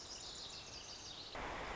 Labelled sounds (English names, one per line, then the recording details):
Lazuli Bunting
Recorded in Sonoma County, California